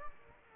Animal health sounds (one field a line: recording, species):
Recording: mosquito wingbeat signal from an infrared sensor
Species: Aedes aegypti